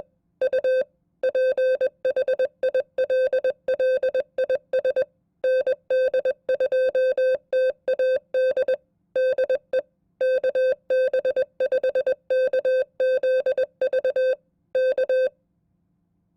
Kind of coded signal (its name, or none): Morse code